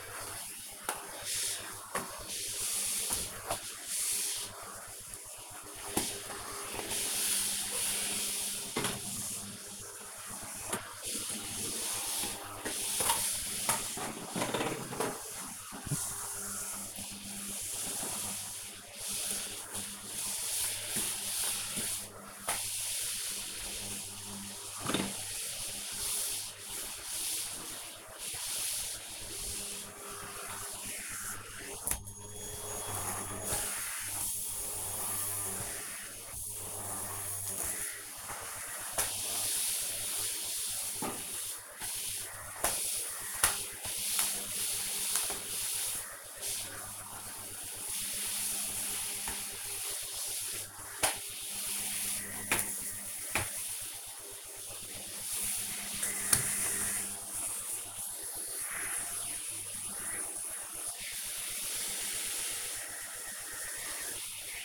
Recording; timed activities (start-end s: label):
household activities, microphone on the right wrist
0.00-64.65 s: vacuum cleaning